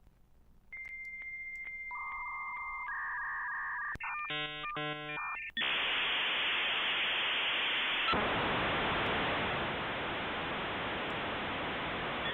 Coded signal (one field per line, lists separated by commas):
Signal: dial-up modem handshake